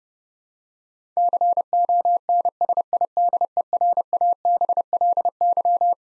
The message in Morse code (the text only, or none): CONSIDERABLY